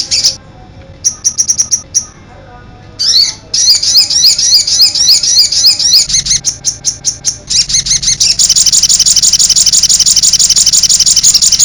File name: sogok ontong rahmat januar afandi